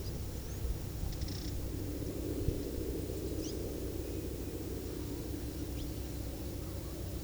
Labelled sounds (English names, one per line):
none